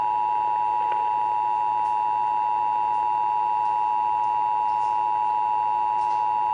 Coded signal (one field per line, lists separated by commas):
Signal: Emergency Alert System (SAME) tones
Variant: 853 and 960 Hz attention tone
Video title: (EAS #712) Severe Thunderstorm Warning (WBAP-AM)